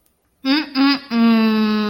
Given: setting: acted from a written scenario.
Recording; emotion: vocal sound without words; disappointment